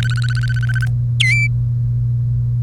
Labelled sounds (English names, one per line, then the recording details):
Domestic Canary song
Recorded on 1 May 2018 at 07:17
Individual llb3